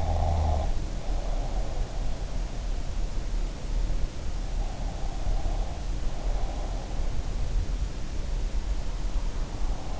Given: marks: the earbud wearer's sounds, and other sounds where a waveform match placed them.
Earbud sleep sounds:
sounds in sleep by an in-ear microphone; snoring breath
0.00-1.84 s: snoring breath

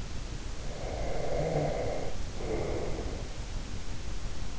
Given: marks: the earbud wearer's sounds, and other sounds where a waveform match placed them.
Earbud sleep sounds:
sounds in sleep by an in-ear microphone; breath
0.73-3.25 s: breath

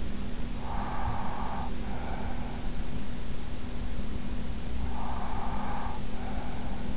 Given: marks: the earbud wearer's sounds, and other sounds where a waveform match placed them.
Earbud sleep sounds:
sounds in sleep by an in-ear microphone; breath
0.19-3.13 s: breath
4.91-6.97 s: breath

